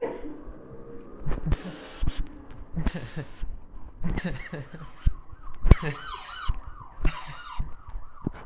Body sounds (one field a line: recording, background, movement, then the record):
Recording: laughter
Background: traffic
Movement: walking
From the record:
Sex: male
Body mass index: 20.5 kg/m2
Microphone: on the chest, facing the body